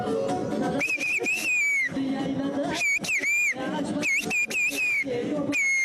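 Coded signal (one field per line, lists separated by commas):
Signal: whistled language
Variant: Turkish whistled language (Kuş dili)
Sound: loud gliding whistled phrases around 2-2.5 kHz, interleaved with spoken voices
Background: talking voices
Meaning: Emine, tomorrow there is tea picking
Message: Emine, yarın çay keseli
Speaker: Ne dedi? Yarın Çay Keseli var dedim. Emine dedim. Yarın Çay Keseli dedim.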